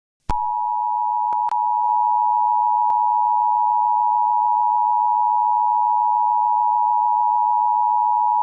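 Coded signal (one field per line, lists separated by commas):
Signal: Emergency Alert System (SAME) tones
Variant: 853 and 960 Hz attention tone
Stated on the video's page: Simulated EAS alert tones for a fictional hunter error scenario.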